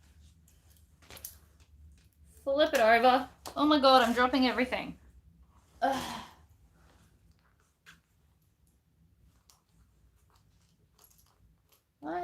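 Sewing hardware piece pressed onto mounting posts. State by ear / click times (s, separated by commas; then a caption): not seated / none. During a sewing project, a sewing hardware piece is pressed onto its mounting posts while someone talks, with faint handling taps and a brief tap near 1.3 s. Nothing has clicked on yet, because the wrong posts were grabbed.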